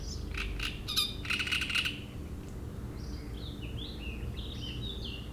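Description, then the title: Great reed warbler song: a short run of harsh, scratchy notes early on, followed by thin whistled phrases over a faint background hum. Strident song from a reed bed at a lakeside beach in Chindrieux, France; the species is a migrant from Africa and can sing day and night. "Roselière plage Chatillon, Chindrieux, France - Rousserole turdoïde"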